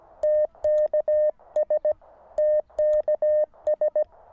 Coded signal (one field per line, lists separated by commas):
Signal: Morse code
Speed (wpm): 20 wpm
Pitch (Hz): 610 Hz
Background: none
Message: TKS TKS